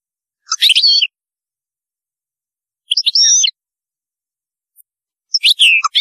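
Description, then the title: European goldfinch song: three bright twittering phrases, each a quick tangle of slurred, squeaky high notes, with pauses of about two seconds between them. "Chant Chardonneret"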